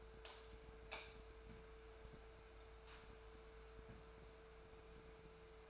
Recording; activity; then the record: daily activity, microphone in the room; light off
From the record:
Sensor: 2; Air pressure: 1014.4 hPa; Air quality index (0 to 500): 173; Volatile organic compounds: 11 ppm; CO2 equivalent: 2286 ppm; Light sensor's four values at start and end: 26/67/28/30 and 22/55/23/25